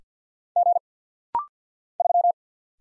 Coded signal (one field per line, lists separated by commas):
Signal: Morse code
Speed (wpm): 50 wpm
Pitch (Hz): 700 Hz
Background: none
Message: G 3